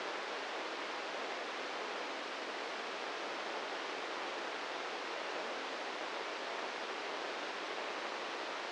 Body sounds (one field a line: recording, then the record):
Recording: brain microelectrode recording played as sound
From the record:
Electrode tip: inside the subthalamic nucleus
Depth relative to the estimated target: 1 mm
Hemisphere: right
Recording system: NeuroSet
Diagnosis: Parkinson's disease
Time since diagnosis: 15 years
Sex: male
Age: 65 years